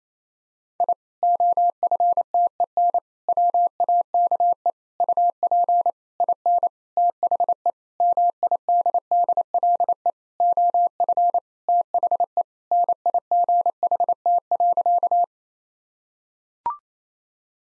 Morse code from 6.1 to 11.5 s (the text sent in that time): IN THE MIDDLE OF